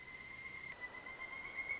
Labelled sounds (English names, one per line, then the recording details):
Pileated Woodpecker
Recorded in Sonoma County, California